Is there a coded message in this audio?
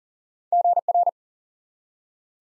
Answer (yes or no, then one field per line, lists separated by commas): yes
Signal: Morse code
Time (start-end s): 0.5-1.1 s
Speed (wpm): 38 wpm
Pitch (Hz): 700 Hz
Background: none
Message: GR